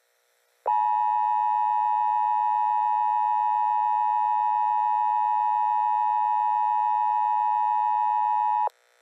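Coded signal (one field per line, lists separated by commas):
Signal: Emergency Alert System (SAME) tones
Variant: 853 and 960 Hz attention tone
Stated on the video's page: Fictional tornado EAS scenario for central Indiana.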